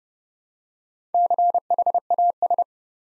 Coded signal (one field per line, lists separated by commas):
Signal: Morse code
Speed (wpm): 30 wpm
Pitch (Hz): 700 Hz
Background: none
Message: CHAS